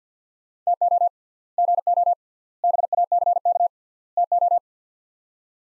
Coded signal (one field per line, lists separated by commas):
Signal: Morse code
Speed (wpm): 50 wpm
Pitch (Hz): 700 Hz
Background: none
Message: TO GO BACK TO